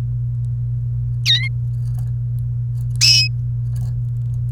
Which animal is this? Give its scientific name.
Serinus canaria